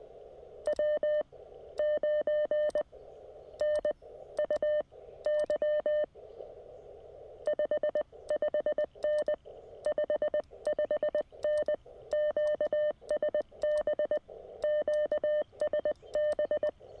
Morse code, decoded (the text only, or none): W9NUY 55N 55N QSB QSB